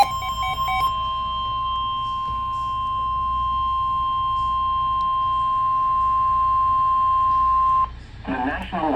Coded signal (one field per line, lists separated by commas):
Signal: Emergency Alert System (SAME) tones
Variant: 1050 Hz attention tone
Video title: EAS COMP FOR 2024 EAS ALERTS FROM #eas 1488 TO #eas 1578